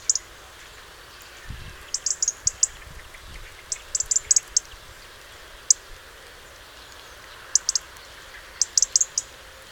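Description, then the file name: European robin giving clustered high ticks, short rapid runs spaced throughout, with a brief low rumble near the start. "Erithacus rubecula"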